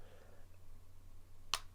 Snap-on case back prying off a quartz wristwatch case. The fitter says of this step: And there you can see, you hear a little clip as it comes off, or a little click, and then the same will be here.